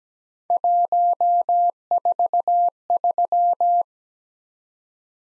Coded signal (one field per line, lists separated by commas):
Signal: Morse code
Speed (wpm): 20 wpm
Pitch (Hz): 700 Hz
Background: none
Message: 143